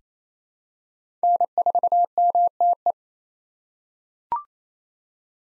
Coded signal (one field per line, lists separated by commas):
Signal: Morse code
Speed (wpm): 28 wpm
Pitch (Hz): 700 Hz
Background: none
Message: N4MTE